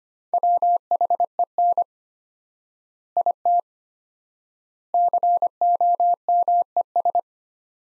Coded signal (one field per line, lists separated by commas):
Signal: Morse code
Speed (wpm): 25 wpm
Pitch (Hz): 700 Hz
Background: none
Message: WHEN IT COMES